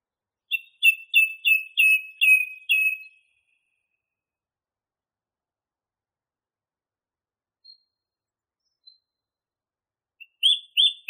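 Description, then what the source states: Song thrush song: a loud phrase of several short, sharp notes repeated rapidly over about three seconds, then a long silence before a similar repeated phrase begins. Masteran recording, meaning a tutor recording made for training songbirds.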